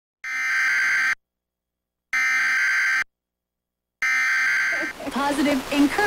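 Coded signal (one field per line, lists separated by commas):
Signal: Emergency Alert System (SAME) tones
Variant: header bursts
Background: speech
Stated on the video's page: Required weekly test SAME tones broadcast on station KLFG.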